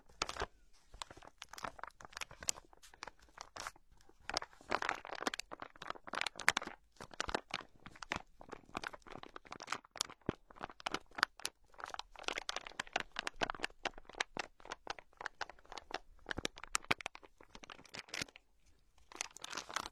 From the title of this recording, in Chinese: 日常用品（塑料制品）的触发音